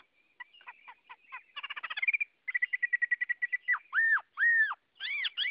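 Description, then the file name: Chinese hwamei song: a rapid stuttering rattle of notes, then a quick even series, finishing with loud, drawn-out arched whistles. Hwamei singing in the 'giọng rừng' (forest voice) song style. "Tieng hoa mi hot giong rung"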